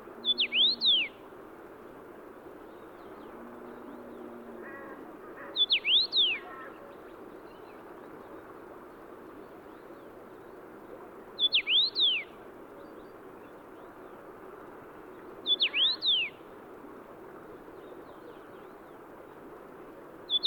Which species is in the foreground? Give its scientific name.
Carpodacus erythrinus